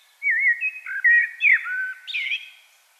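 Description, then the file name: Common blackbird song: a single mellow, fluty warbled phrase of several slurred notes, ending in a higher, squeaky twitter, in a quiet background. "Turdus merula"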